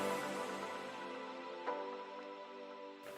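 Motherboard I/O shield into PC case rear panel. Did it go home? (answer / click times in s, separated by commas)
no / none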